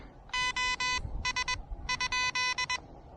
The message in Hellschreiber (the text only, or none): none